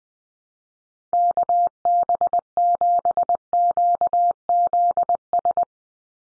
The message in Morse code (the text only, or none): KB7QZS